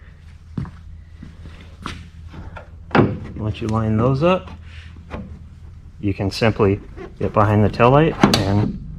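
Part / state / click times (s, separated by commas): tail light housing clips into truck body / not seated / none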